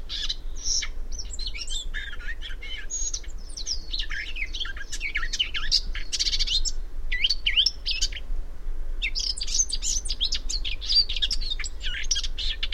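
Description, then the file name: Eurasian blackcap giving an almost continuous hurried warble of scratchy, twittering and sliding whistled notes, with brief gaps, over low background noise. "Sylvia atricapilla"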